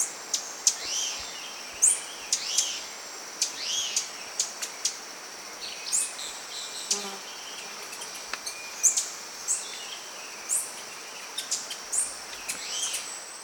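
Bird giving short, high, downslurred chirps at irregular intervals against a steady hiss of background noise.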